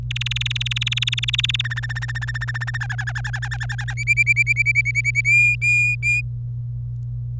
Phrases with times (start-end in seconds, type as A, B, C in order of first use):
0.10-1.61 A, 1.64-2.77 B, 2.80-3.94 C, 3.97-5.21 D, 5.25-6.21 E